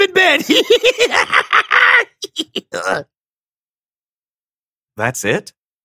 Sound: laughter